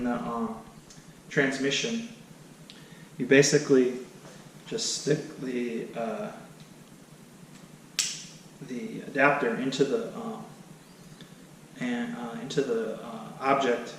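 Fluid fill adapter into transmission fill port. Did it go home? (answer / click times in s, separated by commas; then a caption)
yes / 8.0 s. On a 2013 Mini Cooper S R56 automatic transmission, a fluid fill adapter is pushed into the transmission's fill port while someone talks. A sharp click at 8.0 seconds marks the adapter seating in place.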